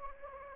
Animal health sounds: mosquito wingbeat signal from an infrared sensor; Anopheles gambiae

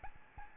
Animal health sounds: mosquito wingbeat signal from an infrared sensor; Aedes albopictus

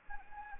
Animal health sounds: mosquito wingbeat signal from an infrared sensor; Anopheles arabiensis

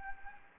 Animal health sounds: mosquito wingbeat signal from an infrared sensor; Anopheles gambiae

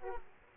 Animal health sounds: mosquito wingbeat signal from an infrared sensor; Aedes aegypti

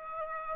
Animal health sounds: mosquito wingbeat signal from an infrared sensor; Aedes aegypti

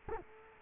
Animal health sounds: mosquito wingbeat signal from an infrared sensor; Culex quinquefasciatus

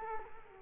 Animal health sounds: mosquito wingbeat signal from an infrared sensor; Culex quinquefasciatus

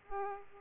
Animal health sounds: mosquito wingbeat signal from an infrared sensor; Aedes aegypti

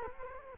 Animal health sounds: mosquito wingbeat signal from an infrared sensor; Culex quinquefasciatus

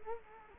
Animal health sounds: mosquito wingbeat signal from an infrared sensor; Culex quinquefasciatus

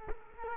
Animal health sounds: mosquito wingbeat signal from an infrared sensor; Culex quinquefasciatus

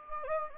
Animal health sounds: mosquito wingbeat signal from an infrared sensor; Anopheles gambiae

